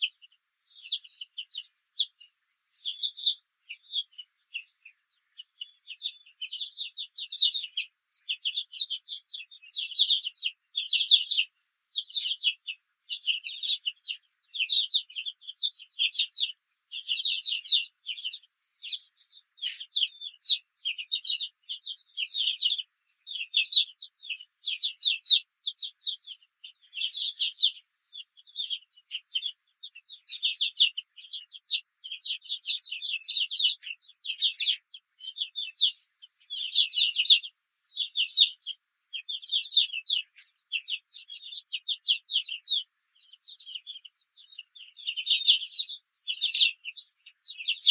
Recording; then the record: young laying hens in a cage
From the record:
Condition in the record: control cage, after the stress test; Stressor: none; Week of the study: 4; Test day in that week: 1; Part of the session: 2